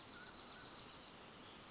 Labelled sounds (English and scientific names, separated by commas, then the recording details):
Mountain Quail (Oreortyx pictus)
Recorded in Sonoma County, California